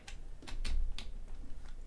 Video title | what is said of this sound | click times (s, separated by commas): Focal Utopia Driver Repair - Let't take a look inside some really expensive headphones | Not so satisfying click. | 1.0 s